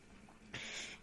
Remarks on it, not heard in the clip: My dad's dying dog. She does this really terrible cough. This dog is literally like close to death.